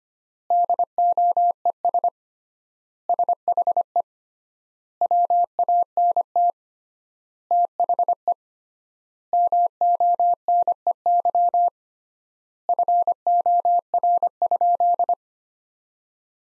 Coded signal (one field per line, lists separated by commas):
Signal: Morse code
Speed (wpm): 25 wpm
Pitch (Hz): 700 Hz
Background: none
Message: DOES SHE WANT THE MONEY FOR?